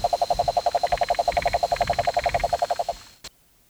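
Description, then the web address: Cane toad trilling, a steady rapid train of low pulses for about three seconds before stopping, with a sharp click near the end. "sounds Rhinella marina"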